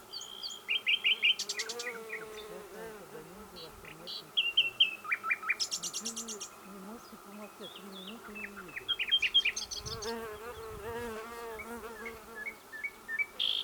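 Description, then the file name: Common nightingale song of varied phrases: rapid repeated chips, buzzy bursts and short trills with pauses, over low droning tones and a steady faint hum. "Luscinia megarhynchos"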